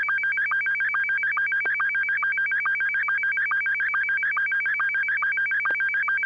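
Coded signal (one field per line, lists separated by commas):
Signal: SSTV (slow-scan television)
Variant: Scottie 1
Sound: rapid warbling tone repeatedly jumping between low and high pitch, regular chirpy rhythm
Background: low hum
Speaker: all right I'm just going to send this one Scotty one and 6 YG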